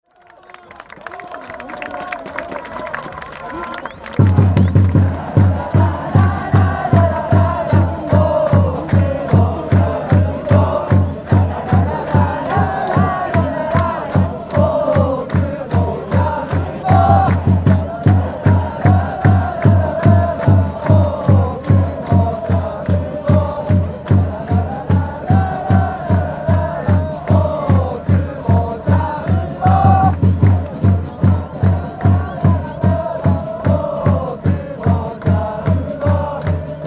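A crowd chants loudly, voices swelling in a fast steady rhythm over a pounding low drum beat that starts after four seconds.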